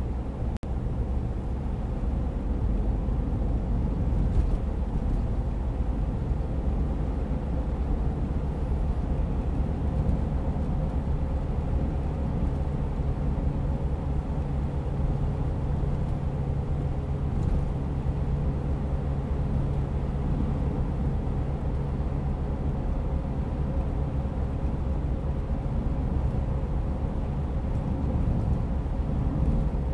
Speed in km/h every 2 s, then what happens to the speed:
67, 69, 71, 74, 76, 77, 78, 79, 78, 77, 77, 77, 76, 77, 76.
0-13 speeds up to 79. 13-30 steady at about 77.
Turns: none.